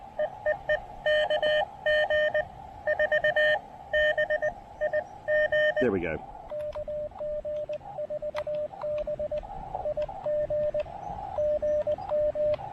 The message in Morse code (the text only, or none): EEE KG4BIG KG4BIG GM